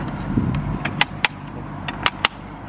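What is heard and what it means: The remaining clips on an air filter housing lid are snapped closed by hand, each giving a sharp click at about 1.0, 1.3, 2.1 and 2.3 seconds over a low steady rumble, with a couple of fainter clicks just before. The clips lock home and the housing is now one solid unit, where before it was loose.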